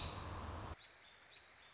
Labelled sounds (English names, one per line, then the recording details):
American Robin
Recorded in Sonoma County, California